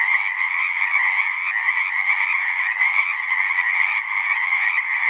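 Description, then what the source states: Massed Pacific chorus frogs calling together, their raspy notes blending into a thick, unbroken chorus. Full chorus after dusk; males giving the advertisement call, a distinct kree-eeck or ribbit, to attract females.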